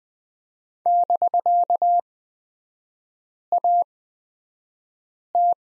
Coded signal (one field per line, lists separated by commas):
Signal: Morse code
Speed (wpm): 20 wpm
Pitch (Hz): 700 Hz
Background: none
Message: <BK>AT